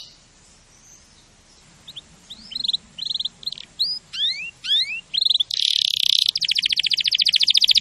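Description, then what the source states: Canary singing a string of quick, high, upward and downward sweeping notes that speed up into a dense, rattling trill toward the end. Champion canary song, used as a master to train other birds.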